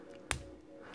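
A plastic hand is pulled off the wrist peg of a Mezco Deadpool 1:12 action figure during a hand swap. It comes free with a sharp, snappy pop at 0.3 s that is loud enough to startle. The hand is released from the peg.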